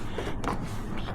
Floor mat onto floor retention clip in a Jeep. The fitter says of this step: clicked right in place